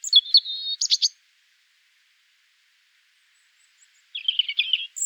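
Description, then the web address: European Robin singing a thin, high warbled phrase with a quick rattling flourish, then about three seconds of silence before another twittering phrase. "erithacus rubecula call"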